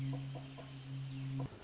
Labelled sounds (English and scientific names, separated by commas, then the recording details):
Wrentit (Chamaea fasciata)
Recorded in Sonoma County, California